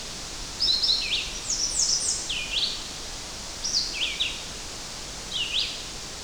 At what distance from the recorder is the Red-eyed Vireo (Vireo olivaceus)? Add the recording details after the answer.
about 25 m. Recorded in boreal forest in Alberta, Canada, on 10 June 2016 at 06:55. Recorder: SongMeter 3, array SBT-3-39. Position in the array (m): 198 m, 125 m